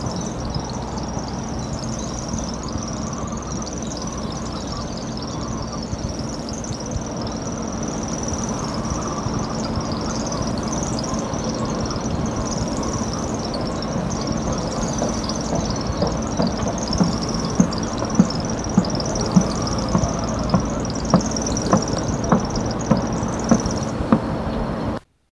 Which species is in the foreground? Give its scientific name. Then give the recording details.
Locustella naevia. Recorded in the wild. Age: adult. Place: Mirnock, Kärnten, AT. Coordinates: 46.758, 13.714. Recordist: Brunner, Thomas